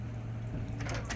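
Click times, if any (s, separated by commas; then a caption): 0.8 s. A raised ladder rack arm on a service van roof rack gets an extra push so its metal latch is fully locked. A sharp click at 0.8 s sounds over a steady low hum, followed by a few softer knocks. The latch is confirmed locked.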